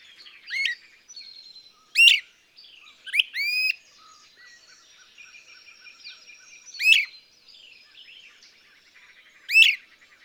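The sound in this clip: Bird song with six loud sharp chirps over softer continuous high twittering and whistles.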